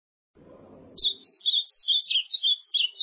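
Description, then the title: Ultramarine grosbeak: a low rumble first, then an ultramarine grosbeak bursts into quick, rich warbling whistles, notes bouncing between higher and lower pitches. "Azulao"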